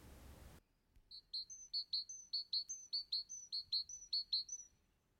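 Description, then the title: Great tit song: a brief noisy burst at the start, then a steady run of ringing two-note phrases, the high and low notes alternating evenly for about four seconds. "Viikon luontoääni: Talitiainen"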